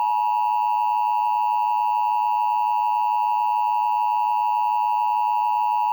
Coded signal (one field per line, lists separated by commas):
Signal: Emergency Alert System (SAME) tones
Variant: 853 and 960 Hz attention tone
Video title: Eas Scenario The Superior race Pt 3 The World Turned Upside Down